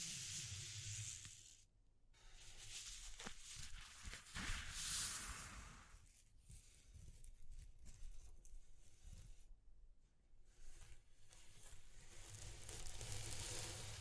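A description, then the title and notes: Rough hissing and tearing textures rise and fall in waves, bright and dense for a few seconds, then dropping out abruptly near 2 and 10 seconds. A low rumbling hum runs underneath, with a steady low tone throughout and occasional scraping bursts. ASMR Exploring Textures (No Talking).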